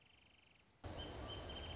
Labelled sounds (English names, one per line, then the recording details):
Wrentit
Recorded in Sonoma County, California